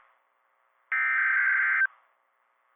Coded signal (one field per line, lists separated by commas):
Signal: Emergency Alert System (SAME) tones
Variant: header bursts